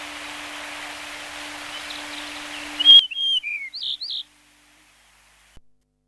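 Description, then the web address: Yellow-breasted bunting delivers one phrase of clear whistles and slurred notes after a stretch of hissing background, which cuts to near silence as the phrase begins. "sikioto. shimaaozi"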